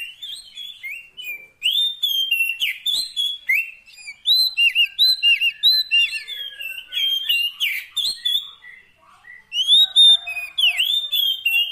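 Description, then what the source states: Oriental magpie-robin delivering a nearly continuous stream of varied, melodious whistles, clipped chirps and downward slurs. Fill-in (isian) training song meant to make a bird sing constantly (gacor) day and night.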